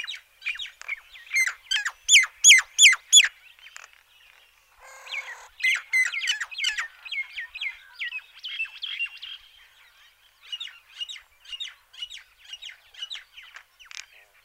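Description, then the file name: Myna producing repeated sharp, hooked whistled notes in fast series, with harsh chattering bursts and a brief noisy rasp midway before more rapid squeaky notes. "مرغ-مینا"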